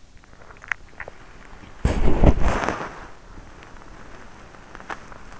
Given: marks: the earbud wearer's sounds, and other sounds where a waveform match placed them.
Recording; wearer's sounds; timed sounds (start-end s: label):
sounds in sleep by an in-ear microphone; teeth grinding, body movement
0.00-1.34 s: teeth grinding
1.51-3.83 s: body movement
4.48-5.00 s: teeth grinding